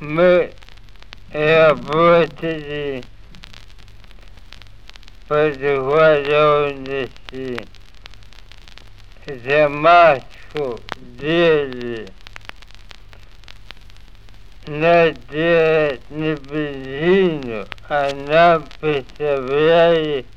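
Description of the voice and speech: Speech of a 63-year-old man with pseudobulbar dysarthria: slurred as in bulbar dysarthria, but also drawn out and monotonous, with long pauses between short phrases.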